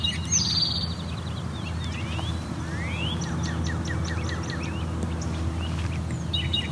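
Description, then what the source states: Great crested flycatcher calls: a buzzy note at the start, then two quick rising wheeps and a string of short chirps, with a continuous low rumble beneath. Several birds fighting, up to four present; Dundas Valley, Hamilton, Ontario; area acoustically urban, affected by surrounding population.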